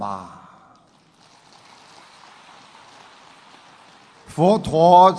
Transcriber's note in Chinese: 掌声